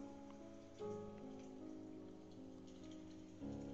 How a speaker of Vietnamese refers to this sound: Nương theo tiếng mưa tí tách bên ngoài